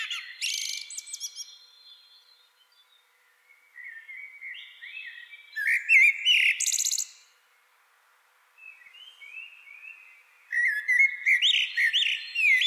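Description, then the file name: Common blackbird song: a high scratchy twitter, then low fluty whistles and warbles, broken by short silences and followed by more rich phrases ending in squeaky notes. "Turdus merula"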